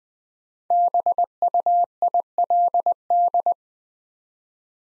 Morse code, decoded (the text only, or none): BUILD